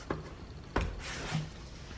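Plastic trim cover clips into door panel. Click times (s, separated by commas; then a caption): 0.1 s, 0.8 s. A plastic door trim cover on a 2012-2017 Toyota Camry XV50 door panel is pressed further into place, giving two soft clicks at 0.1 s and 0.8 s as its clips lock. Faint rubbing follows, and the cover is locked into place.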